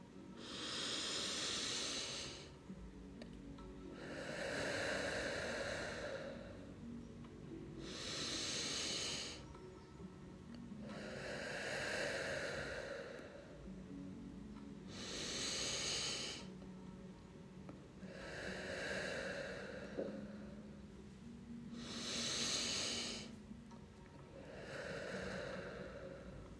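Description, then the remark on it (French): Slow, deep breaths drawn in and let out in a steady rhythm, about eight airy, hissing breath sounds alternating over the stretch, with no talking. “À chaque fois que tu prends de l'air et à chaque fois que tu souffles, nous allons le faire ensemble.”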